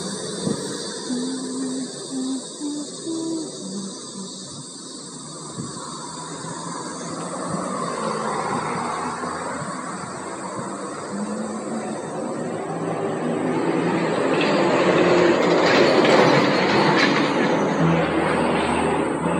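A summer noon along a favorite road, filled with a steady, dense rolling rumble like a train on the rails. Faint low tones wander through the first few seconds, then the rattle and clatter swell, loudest around fifteen to seventeen seconds.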